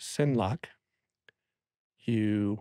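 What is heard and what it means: Someone talks as a male dovetail plate is brought onto the female dovetail receiver of a 16x9 Cine Lock quick release, producing a single short, quiet safety click at 1.3 s. The plate clicks but does not lock yet; a separate step is needed to lock it.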